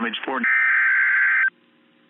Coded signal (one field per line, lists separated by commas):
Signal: Emergency Alert System (SAME) tones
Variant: header bursts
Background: speech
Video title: PDS Severe Thunderstorm Warning Texas Noaa Weather Radio Station WXK 33 San Angelo TX 5/10/26